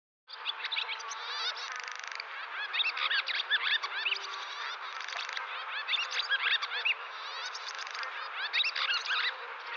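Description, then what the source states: Barn Swallow twittering song, a fast run of chirps, warbles and short buzzy rattles almost without pause. Swallows in real time at Tullig, West Clare; these summer birds winter in South Africa and set off back in February.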